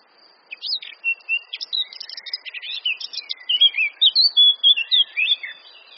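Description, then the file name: Eurasian blackcap song, a lively warble of mixed scratchy and clear fluting notes delivered quickly and steadily. "Sylvia atricapilla"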